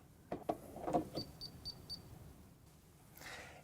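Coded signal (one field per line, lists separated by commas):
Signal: beep code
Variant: Hunter ROAM receiver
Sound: a few plastic clicks, then four quick high-pitched beeps about a quarter second apart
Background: plugging-in clicks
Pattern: 4 short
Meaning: The receiver has power and is ready to learn a new address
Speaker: that four beeps means, one I have power and two i'm ready to learn a new address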